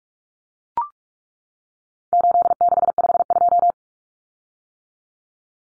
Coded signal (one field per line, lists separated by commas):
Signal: Morse code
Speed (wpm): 44 wpm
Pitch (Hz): 700 Hz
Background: none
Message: 8652